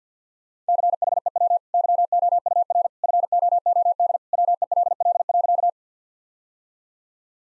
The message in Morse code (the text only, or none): CHEW YOUR FOOD WELL.